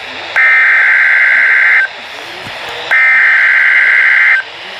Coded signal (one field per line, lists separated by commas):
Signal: Emergency Alert System (SAME) tones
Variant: header bursts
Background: speech